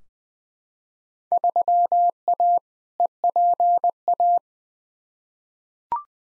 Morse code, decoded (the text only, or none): 3A EPA